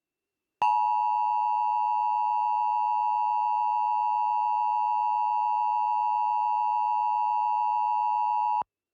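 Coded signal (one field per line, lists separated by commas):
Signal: Emergency Alert System (SAME) tones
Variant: 853 and 960 Hz attention tone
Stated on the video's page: Fictional what-if EAS alert, not a real broadcast.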